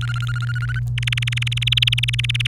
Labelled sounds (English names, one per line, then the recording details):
Domestic Canary song
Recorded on 28 April 2018 at 09:29
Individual llb3